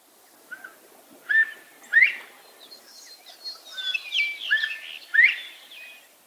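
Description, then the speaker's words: Northern bobwhite whistles a two-part call twice, a short flat note then an upslurred whistle, while other birds chirp higher in the background. Given in the breeding season by an unmated male, which repeats it over and over, as if shouting its name, bob-white. "The northern bobwhite's most famous vocalization, however, is the one we hear in the breeding season when an unmated male basically just yells his name. Over and over, he shouts, Bob White."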